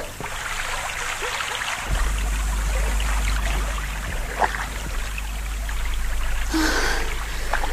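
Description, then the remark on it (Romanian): Steady sloshing and trickling water over a low rumble, with a few soft splashes like oars dipping and pulling through the water as a small fishing boat is rowed hard at nightfall. No voices. “De m-ar vedea un cunoscut în această barcă de pescar, vâslind de zor în pragul nopții, nu și-ar putea crede ochilor că sunt soția judecătorului Pai.”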